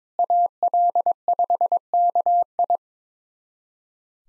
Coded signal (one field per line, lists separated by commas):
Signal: Morse code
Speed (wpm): 21 wpm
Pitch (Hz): 700 Hz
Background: none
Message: AL5KI